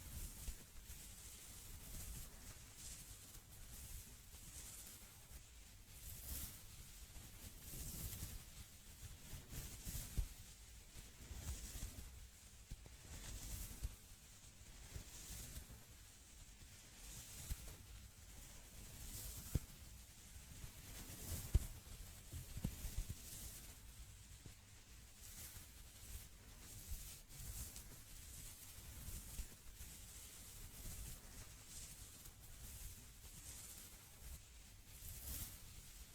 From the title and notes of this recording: ASMR Relaxing Oil Scalp Massage Roleplay (With Layered Sounds).